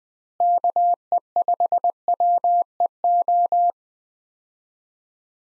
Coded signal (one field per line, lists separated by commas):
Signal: Morse code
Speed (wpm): 21 wpm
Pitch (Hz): 700 Hz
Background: none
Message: KE5WEO